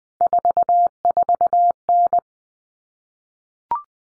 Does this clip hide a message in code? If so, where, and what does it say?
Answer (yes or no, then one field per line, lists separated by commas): yes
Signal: Morse code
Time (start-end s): 0.2-2.2 s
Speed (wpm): 20 wpm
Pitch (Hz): 700 Hz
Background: none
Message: 44N